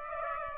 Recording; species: mosquito wingbeat signal from an infrared sensor; Aedes aegypti